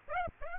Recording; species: mosquito wingbeat signal from an infrared sensor; Aedes aegypti